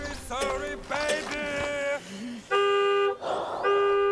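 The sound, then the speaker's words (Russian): A car alarm wails in rising and falling warbling tones, then switches to loud, steady, blaring horn blasts with a brief gap between them. “Очень жалко мне сигналку. Как же так я сломал ее?”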